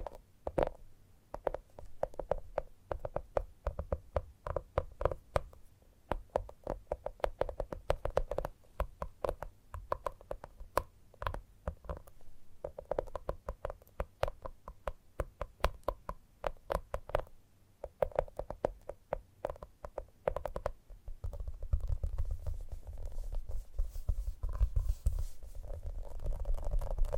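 Gentle tapping in quick, fairly steady bursts of soft knocks, thinning after about twenty seconds into a low rumble with scattered taps.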